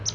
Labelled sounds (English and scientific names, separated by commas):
Palm Warbler (Setophaga palmarum) flight call